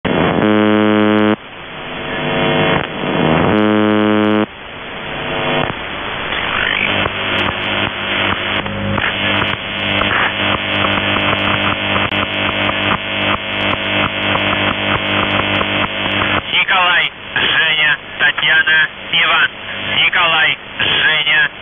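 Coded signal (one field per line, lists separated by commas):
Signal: channel marker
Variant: UVB-76 (The Buzzer)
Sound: harsh low rasping buzzes, long ones first, then rapid repeated short buzz pulses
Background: radio static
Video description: "The Buzzer" is a Russian military radiostation that broadcasts on 4625 kHz.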